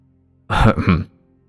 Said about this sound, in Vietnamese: nghe vậy thì ho mấy tiếng, lấy giọng nói.